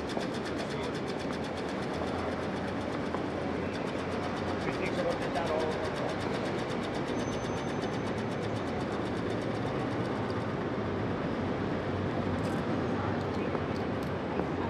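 A split-flap departure board in a busy train station rattles through a fast, even run of clicks for about ten seconds, then falls silent except for a few stray taps near the end. A steady crowd murmur and echoing hall noise fill the background throughout.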